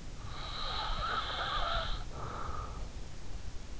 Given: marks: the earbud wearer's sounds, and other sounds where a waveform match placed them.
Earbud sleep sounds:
sounds in sleep by an in-ear microphone; breath
0.08-3.40 s: breath

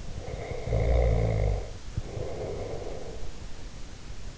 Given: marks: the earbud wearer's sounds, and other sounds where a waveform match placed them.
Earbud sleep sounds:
sounds in sleep by an in-ear microphone; snoring breath
0.07-3.77 s: snoring breath

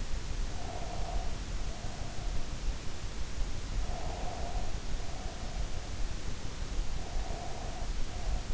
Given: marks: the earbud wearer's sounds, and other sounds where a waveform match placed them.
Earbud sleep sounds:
sounds in sleep by an in-ear microphone; breath
0.48-2.63 s: breath
3.73-5.97 s: breath
6.95-8.54 s: breath

